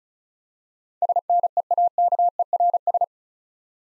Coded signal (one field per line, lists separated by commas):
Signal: Morse code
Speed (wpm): 36 wpm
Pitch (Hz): 700 Hz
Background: none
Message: SNEAKERS